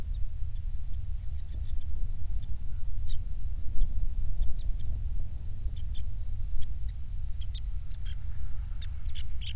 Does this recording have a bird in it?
yes